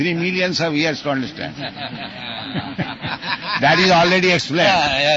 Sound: laughter